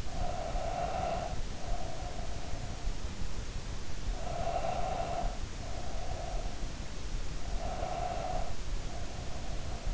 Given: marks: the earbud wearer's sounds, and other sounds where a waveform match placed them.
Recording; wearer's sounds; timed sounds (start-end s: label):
sounds in sleep by an in-ear microphone; breath
0.00-2.95 s: breath
4.17-6.49 s: breath
7.45-9.69 s: breath